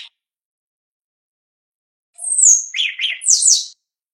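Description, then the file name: Shiny cowbird song, one brief phrase: a thin high whistle sliding down, followed by two burry gurgling notes and a final high buzzy slur. "canto do chupim"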